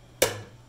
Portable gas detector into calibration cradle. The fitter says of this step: it'll make that weird click sound and that's how you know you did it right so let's get our hydrogen right